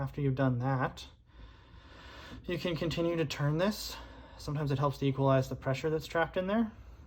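A rubber pin boot is being turned on a rear brake caliper slide pin of a Honda/Acura, worked around to equalize the pressure trapped inside. Someone talks throughout with no sharp sounds. Nothing has popped into the groove or seated yet.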